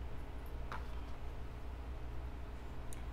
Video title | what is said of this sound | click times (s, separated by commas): RÉPLICA APPLE WATCH ULTRA LOGO DA MAÇÃ - MELHOR VERSÃO APP VVFIT 1 ULTRA DE 2023? REVIEW | dá um clique | 0.7 s